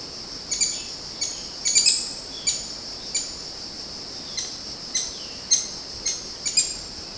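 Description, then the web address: Maroon woodpecker calls: short, sharp, high notes repeated irregularly over a steady, shrill chorus of crickets. Recorded on Mount Kinabalu at Bukit Ular on 11 August 2009. "MTKINABALUBUKITULAR 20090811. maroon woodpecker"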